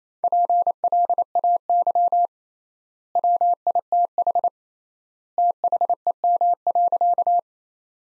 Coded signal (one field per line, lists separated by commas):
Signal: Morse code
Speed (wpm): 27 wpm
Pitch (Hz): 700 Hz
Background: none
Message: PLAY WITH THEM.